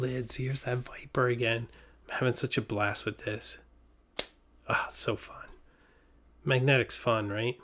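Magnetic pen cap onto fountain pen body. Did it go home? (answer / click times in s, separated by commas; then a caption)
yes / 4.2 s. A magnetic pen cap is put onto a fountain pen body and snaps into place with a single sharp click at 4.2 s, seating fully. Someone talks before and after the snap.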